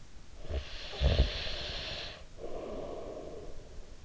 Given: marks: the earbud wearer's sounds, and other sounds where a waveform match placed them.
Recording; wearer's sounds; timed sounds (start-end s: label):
sounds in sleep by an in-ear microphone; snoring breath
0.05-4.05 s: snoring breath